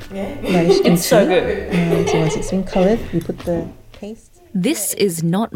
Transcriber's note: laughs